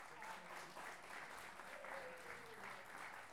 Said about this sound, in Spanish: Esos son los seis payadores, es decir, tres parejas más van a estar sobre el escenario y de ahí van a quedar los ganadores. Eso. Un aplauso.